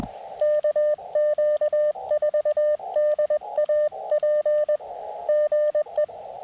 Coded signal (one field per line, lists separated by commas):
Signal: Morse code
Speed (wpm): 20 wpm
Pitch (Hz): 600 Hz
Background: none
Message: KQ4DAP GE